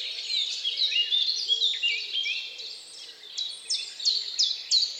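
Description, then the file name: Bird song of quick, high, downslurred notes, with fainter lower tones from other birds beneath. Recorded at dawn. "Odgłosy-Natury-Świt-i-ptaki"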